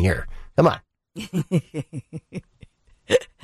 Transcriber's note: both laugh